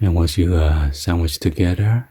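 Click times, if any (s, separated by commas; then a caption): none. Someone talks while the two halves of a magnetic false eyelash are sandwiched together around the natural lashes. Only speech is heard, and nothing has seated or clicked yet.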